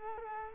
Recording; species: mosquito wingbeat signal from an infrared sensor; Culex quinquefasciatus